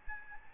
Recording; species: mosquito wingbeat signal from an infrared sensor; Aedes albopictus